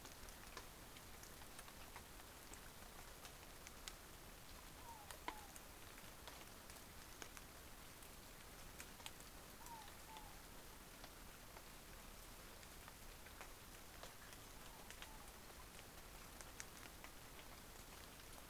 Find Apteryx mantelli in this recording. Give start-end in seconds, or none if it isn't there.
none